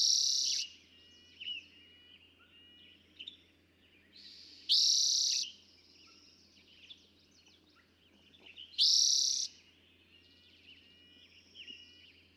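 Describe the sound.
Eastern towhee song, three loud trilled phrases roughly four seconds apart, separated by quieter chirps and slurred whistles.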